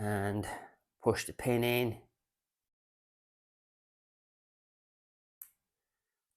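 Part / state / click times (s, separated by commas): strap quick-release spring bar into watch case lug / seated / 5.4 s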